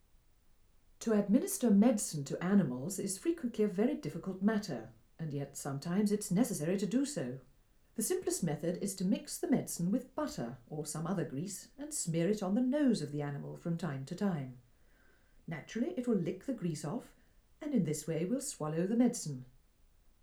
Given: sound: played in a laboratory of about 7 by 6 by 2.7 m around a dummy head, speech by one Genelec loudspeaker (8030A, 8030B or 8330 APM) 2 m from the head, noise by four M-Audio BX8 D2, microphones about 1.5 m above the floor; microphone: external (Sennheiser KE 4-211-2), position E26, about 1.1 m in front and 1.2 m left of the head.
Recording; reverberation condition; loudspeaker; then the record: female speech in English; low; 90 degrees to the left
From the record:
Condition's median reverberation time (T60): about 310 ms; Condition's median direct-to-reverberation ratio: about 3.5 dB